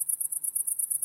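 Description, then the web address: Cricket chirp train: short, high, piercing pulses repeating rapidly and evenly. Crickets; wide stereo recording. "lynne-publishing Crickets Wide Stereo"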